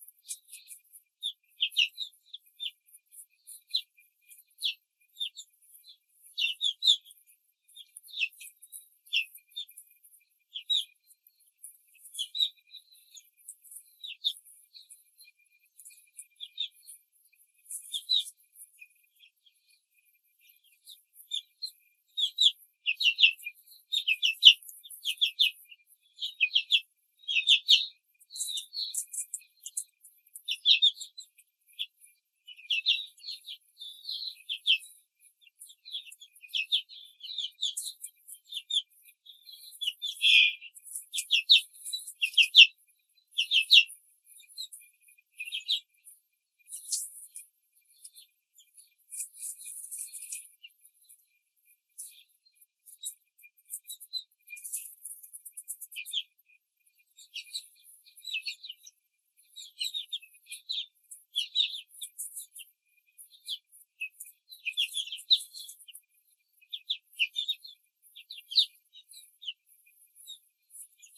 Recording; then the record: young laying hens in a cage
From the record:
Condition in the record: control cage, before the stress test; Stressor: none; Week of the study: 4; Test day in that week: 3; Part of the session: 2